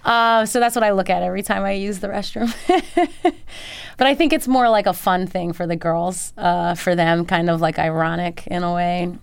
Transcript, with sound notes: So that's what I look at every time I use the restroom (laughter). But I think it's more like a fun thing for the girls for them, kind of like ironic in a way,